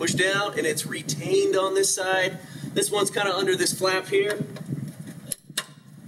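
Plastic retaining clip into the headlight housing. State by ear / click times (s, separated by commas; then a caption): seated / 5.3 s, 5.6 s. While replacing a headlight bulb, someone talks as the plastic retaining clip on the side under the flap is pushed down into the headlight housing. It clicks at 5.3 s and 5.6 s, and the clip is seated and staying in.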